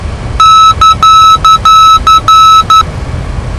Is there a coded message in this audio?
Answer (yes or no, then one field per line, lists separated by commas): no